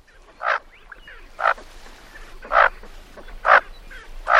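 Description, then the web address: Bufflehead calling in five gruff, croaking bursts about a second apart, with quiet scattered notes in the gaps. Small diving duck returning from boreal forests of Canada and Alaska to spend the winter in local waters. "Birdnote. Bufflehead"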